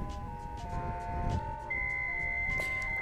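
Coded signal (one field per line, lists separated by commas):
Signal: JT65, JT9 or WSPR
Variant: JT65 and WSPR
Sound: several steady pure tones shifting pitch in slow steps over radio hiss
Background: radio static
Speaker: so this is what the station sounds like and what it looks like when it's totally set up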